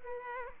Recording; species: mosquito wingbeat signal from an infrared sensor; Culex pipiens